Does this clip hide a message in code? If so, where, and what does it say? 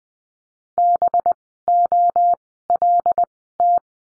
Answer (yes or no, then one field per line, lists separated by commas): yes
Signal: Morse code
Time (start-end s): 0.8-3.8 s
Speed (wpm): 20 wpm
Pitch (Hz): 700 Hz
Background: none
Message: BOLT